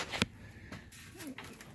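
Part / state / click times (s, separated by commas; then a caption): folding handle on a portable generator frame / seated / 0.2 s. The folding handle on a portable generator frame locks in place, with a sharp, loud short click at 0.2 s. Quieter scrapes and small knocks follow in a faint room background.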